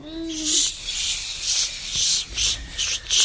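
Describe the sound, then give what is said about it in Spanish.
Steady, rhythmic swishing as something brushes through the tall grass of a field, about six breathy high-pitched sweeps in a row, with a brief low whistling tone at the very start. “Atravesar el campo.”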